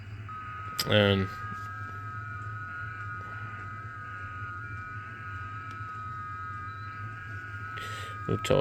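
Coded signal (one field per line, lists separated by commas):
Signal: FT8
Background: speech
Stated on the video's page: FT8 from a Xiegu X6100 with JTDX.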